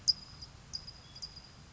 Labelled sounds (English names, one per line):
California Towhee